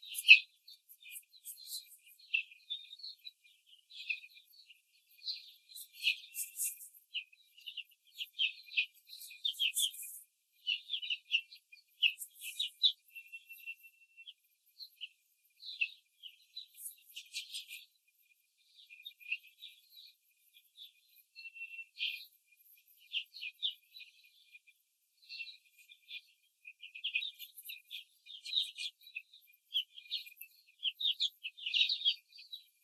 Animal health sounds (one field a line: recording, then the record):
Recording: young laying hens in a cage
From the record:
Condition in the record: control cage, before the stress test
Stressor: none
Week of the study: 4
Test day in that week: 3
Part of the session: 1